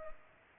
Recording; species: mosquito wingbeat signal from an infrared sensor; Culex pipiens